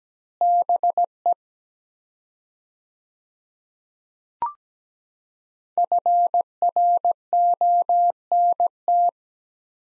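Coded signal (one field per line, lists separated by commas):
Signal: Morse code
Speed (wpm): 17 wpm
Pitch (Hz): 700 Hz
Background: none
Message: BE FRONT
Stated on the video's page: Morse code practice of two-word sets at 17 wpm with 4x word spacing, a Farnsworth-like method for head-copy.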